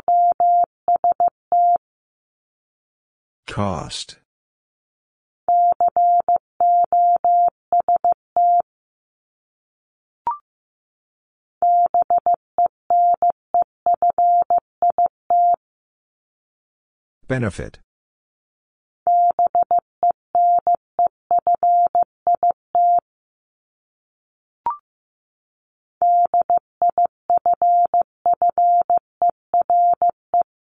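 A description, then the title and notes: Morse code beeps on a single steady mid-pitched tone in rapid bursts, broken by two short noisy swishes and faint clicks between groups. Top 751-1000 Words 15wpm. First, the word is sent in Morse code.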